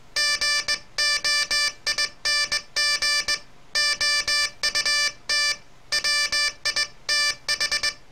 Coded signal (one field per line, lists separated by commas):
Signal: Morse code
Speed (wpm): 20 wpm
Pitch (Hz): 1750 Hz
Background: none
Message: GOING OUT WITH